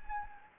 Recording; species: mosquito wingbeat signal from an infrared sensor; Anopheles gambiae